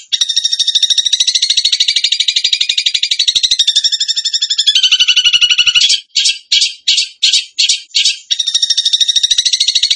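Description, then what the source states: Bird song: a dense, buzzy, high trill that wavers in pitch, then a series of separate chattering bursts, and the trill resumes. Bird song in the tembakan gacor style, used as masteran (training for other birds).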